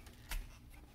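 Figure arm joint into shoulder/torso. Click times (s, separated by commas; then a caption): 0.3 s. The arm of a plastic Transformers War for Cybertron Kingdom Optimus Primal Voyager robot figure is turned into position during transformation, and the arm joint seats into the shoulder/torso. A single sharp plastic click is heard at 0.3 s over a quiet background. The arm clicks firmly into place.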